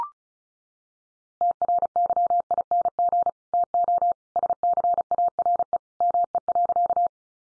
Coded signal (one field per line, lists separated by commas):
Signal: Morse code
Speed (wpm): 34 wpm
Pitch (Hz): 700 Hz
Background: none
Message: TRYING TO SCARE ME.